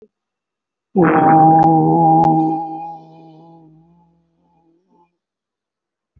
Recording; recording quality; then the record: sustained vowel as in boot; excellent, no background noise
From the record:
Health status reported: respiratory illness, not identified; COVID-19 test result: negative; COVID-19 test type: RT-PCR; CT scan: not taken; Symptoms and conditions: breathing difficulty, asthma, pneumonia, another respiratory illness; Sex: male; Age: 30 years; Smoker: no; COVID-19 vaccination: none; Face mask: worn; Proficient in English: no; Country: India